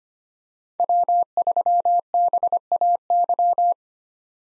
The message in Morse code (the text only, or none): W3BAY